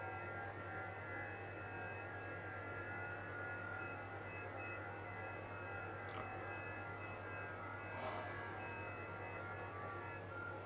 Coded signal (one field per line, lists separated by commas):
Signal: FT8